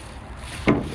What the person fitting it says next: I did hear a pop